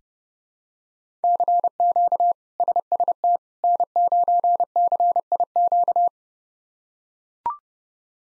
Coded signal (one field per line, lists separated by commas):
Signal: Morse code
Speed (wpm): 30 wpm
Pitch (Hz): 700 Hz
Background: none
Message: CQ SST N9CIQ